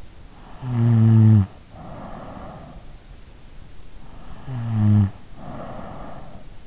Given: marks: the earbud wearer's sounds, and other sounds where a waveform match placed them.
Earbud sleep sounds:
sounds in sleep by an in-ear microphone; snoring breath
0.20-2.94 s: snoring breath
3.92-6.66 s: snoring breath

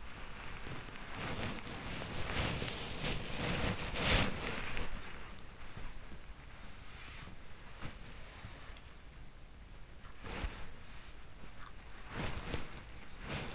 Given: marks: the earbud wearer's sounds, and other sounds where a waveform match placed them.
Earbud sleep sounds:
sounds in sleep by an in-ear microphone; body movement
0.00-5.29 s: body movement
7.26-13.55 s: body movement

